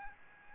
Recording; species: mosquito wingbeat signal from an infrared sensor; Aedes albopictus